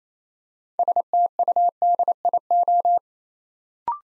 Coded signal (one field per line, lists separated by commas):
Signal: Morse code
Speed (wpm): 28 wpm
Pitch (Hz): 700 Hz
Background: none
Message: STUDIO